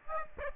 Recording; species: mosquito wingbeat signal from an infrared sensor; Aedes aegypti